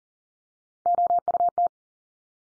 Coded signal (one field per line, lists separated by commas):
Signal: Morse code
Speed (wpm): 40 wpm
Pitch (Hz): 700 Hz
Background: none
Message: OUT